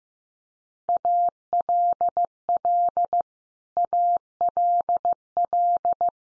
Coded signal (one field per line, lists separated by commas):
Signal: Morse code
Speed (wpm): 14 wpm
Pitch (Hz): 700 Hz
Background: none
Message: ALL ALL